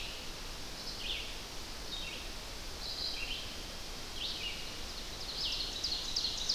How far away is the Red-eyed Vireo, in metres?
about 45 m